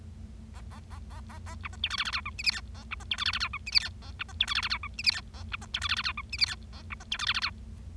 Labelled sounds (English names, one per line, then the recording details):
Bengalese Finch song
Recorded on 25 March 2012 at 08:40
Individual gy6or6